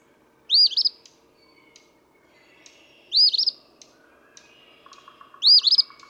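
Eastern phoebe singing, a short buzzy two-part phrase repeated three times about every two and a half seconds, with faint chips and a low rattling call behind.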